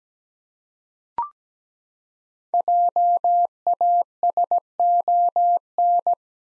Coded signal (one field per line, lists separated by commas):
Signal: Morse code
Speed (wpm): 17 wpm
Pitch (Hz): 700 Hz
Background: none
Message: JASON